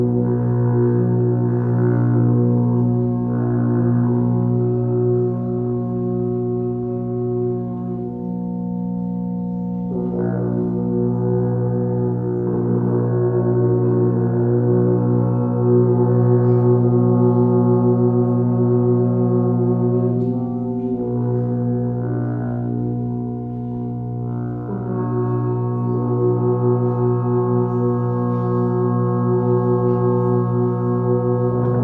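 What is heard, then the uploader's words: Earth horns sound over an electronic drone, a dense, steady low hum with many sustained tones stacked above it. Brighter swells rise and fade around 1, 10, 16, 21 and 24 seconds. The level stays even throughout, with no breaks. Earth Horns with Electronic Drone.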